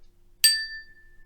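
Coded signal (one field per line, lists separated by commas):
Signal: bell signal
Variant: British railway bell code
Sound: a single bright ding of a small bell, ringing on then fading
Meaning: One beat calls the attention of the next signal box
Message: 1 strike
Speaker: so we would call this signal box down the line with call attention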